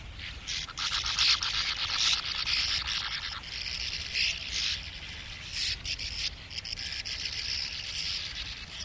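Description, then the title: Sand Martin calls, dry scratchy twittering in uneven bursts, busiest in the first half, over low background noise. "Viikon luontoääni: Törmäpääsky"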